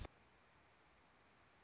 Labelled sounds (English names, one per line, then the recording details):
Anna's Hummingbird
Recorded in Sonoma County, California